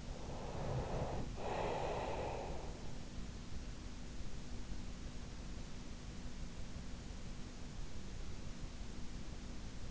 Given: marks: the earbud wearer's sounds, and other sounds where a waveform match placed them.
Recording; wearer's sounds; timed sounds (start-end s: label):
sounds in sleep by an in-ear microphone; breath
0.00-3.02 s: breath